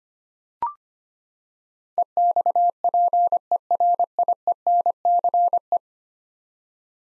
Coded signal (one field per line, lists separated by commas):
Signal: Morse code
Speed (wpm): 25 wpm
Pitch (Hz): 700 Hz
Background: none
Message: EXPERIENCE